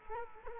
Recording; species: mosquito wingbeat signal from an infrared sensor; Culex quinquefasciatus